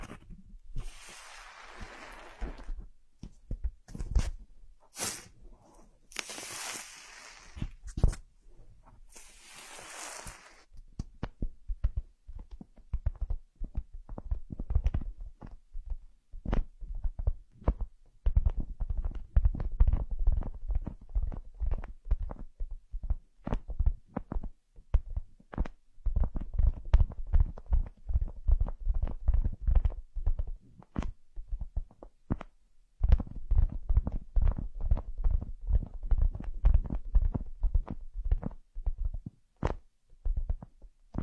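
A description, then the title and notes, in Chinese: Ear massage with dense, irregular soft thumps and rubbing, opening with brief bursts of bright hiss in the first ten seconds, then mostly low, muffled pats. 按摩耳朵，一些让人放松的声音。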